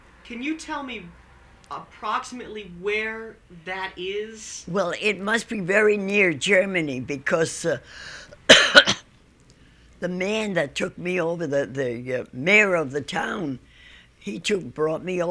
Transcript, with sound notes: Can you tell me approximately where that is?
Well it must be very near Germany, because (she coughs) that man that took me over the, the mayor of the town, he took, brought me over.